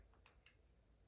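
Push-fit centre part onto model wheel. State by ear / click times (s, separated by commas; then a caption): seated / 0.3 s, 0.5 s. A neon yellow plastic push-fit centre part is pressed onto the wheel centre of a DeAgostini RB19 model of the 2023 Red Bull F1 car. Two sharp, short clicks ring out at 0.3 s and 0.5 s over a quiet background, and the part is seated.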